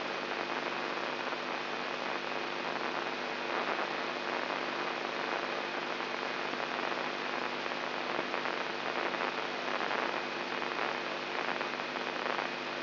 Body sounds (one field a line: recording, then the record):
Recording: brain microelectrode recording played as sound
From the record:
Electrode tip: inside the subthalamic nucleus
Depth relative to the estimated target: 0 mm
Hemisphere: right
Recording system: AlphaMap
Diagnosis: Parkinson's disease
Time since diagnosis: 11 years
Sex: male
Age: 67 years